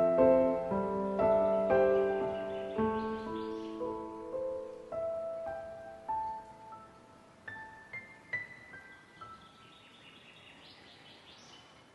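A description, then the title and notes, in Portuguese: Tropical forest sound: clear, ringing whistled notes overlap and linger at the start, then thin out into single higher tones that step upward every second or so, ending in a few quick rising chirps. A soft, steady hiss and low rumble sit underneath. Sinta o som da floresta tropical.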